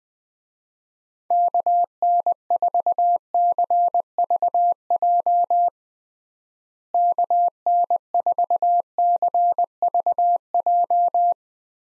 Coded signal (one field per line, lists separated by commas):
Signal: Morse code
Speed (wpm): 20 wpm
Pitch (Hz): 700 Hz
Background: none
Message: KN4CVJ KN4CVJ